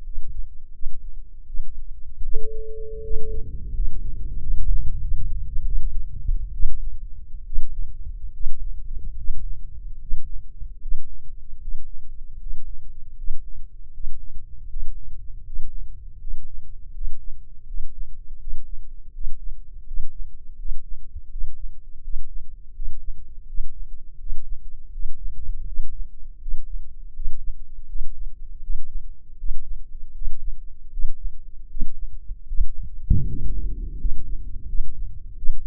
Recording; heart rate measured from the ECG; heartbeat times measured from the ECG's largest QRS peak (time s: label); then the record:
heart sounds by microphone in the left ear; 80 bpm
0.02 s: heartbeat
0.71 s: heartbeat
1.45 s: heartbeat
2.22 s: heartbeat
3.01 s: heartbeat
3.71 s: heartbeat
4.38 s: heartbeat
4.98 s: heartbeat
5.63 s: heartbeat
6.51 s: heartbeat
7.43 s: heartbeat
8.30 s: heartbeat
9.14 s: heartbeat
9.97 s: heartbeat
10.77 s: heartbeat
11.57 s: heartbeat
12.36 s: heartbeat
13.13 s: heartbeat
13.89 s: heartbeat
14.66 s: heartbeat
15.42 s: heartbeat
16.17 s: heartbeat
16.91 s: heartbeat
17.64 s: heartbeat
18.36 s: heartbeat
19.10 s: heartbeat
19.83 s: heartbeat
20.55 s: heartbeat
21.27 s: heartbeat
22.00 s: heartbeat
22.72 s: heartbeat
23.44 s: heartbeat
24.16 s: heartbeat
24.90 s: heartbeat
25.64 s: heartbeat
26.38 s: heartbeat
27.12 s: heartbeat
27.86 s: heartbeat
28.60 s: heartbeat
29.36 s: heartbeat
30.12 s: heartbeat
30.89 s: heartbeat
31.67 s: heartbeat
32.45 s: heartbeat
33.25 s: heartbeat
33.97 s: heartbeat
34.66 s: heartbeat
35.35 s: heartbeat
From the record:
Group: healthy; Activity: rest 0-2 s, Valsalva maneuver 2-32 s, rest 32-36 s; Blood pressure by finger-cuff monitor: 137/77 mmHg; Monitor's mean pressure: 96 mmHg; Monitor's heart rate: 80 bpm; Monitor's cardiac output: 6.4 L/min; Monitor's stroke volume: 82 mL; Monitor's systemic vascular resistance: 1070 dyn s/cm5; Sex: male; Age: 21 years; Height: 180 cm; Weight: 67.5 kg